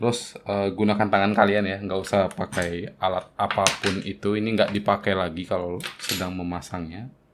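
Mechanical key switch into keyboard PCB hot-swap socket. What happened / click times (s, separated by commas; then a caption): The switch is being handled but has not clicked into its socket yet / none. A mechanical key switch is being handled by hand, without tools, on its way back into a keyboard PCB hot-swap socket while someone talks throughout. Nothing has seated or clicked yet; the clip ends just before the switch goes home.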